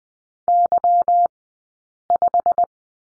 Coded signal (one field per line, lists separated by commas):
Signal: Morse code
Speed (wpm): 20 wpm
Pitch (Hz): 700 Hz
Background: none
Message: Y5